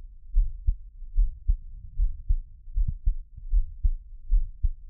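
Muffled low lub-dub thumps of an adult's own heartbeat in a steady rhythm, about 75 beats a minute.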